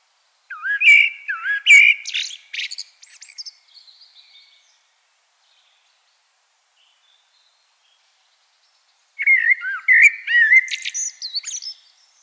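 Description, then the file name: Common blackbird song in two phrases; rich looping whistles give way to thin, high chittering, with a long silent gap between them. "Turdus merula"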